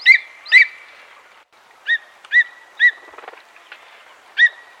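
Bird giving clear whistled notes, each a short upslurred chirp followed by a level whistle, repeated at irregular intervals.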